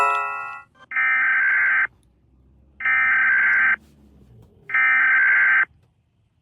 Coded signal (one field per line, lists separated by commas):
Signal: Emergency Alert System (SAME) tones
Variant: header bursts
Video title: EAS Alarms 🚨